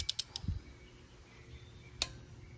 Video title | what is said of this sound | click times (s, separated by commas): 2008 Nissan Altima, Ignition coil and spark plug change | there you go you hear the click | 2.0 s